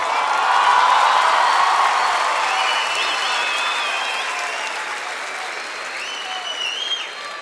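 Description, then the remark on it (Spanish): A crowd applauds steadily with dense, continuous clapping, joined by scattered high whistles and cheers, the roar slowly easing in loudness over several seconds. “Nos vamos llenos de alegría, llenos de aplausos, llenos de voces, llenos de ojos, llenos de felicidad.”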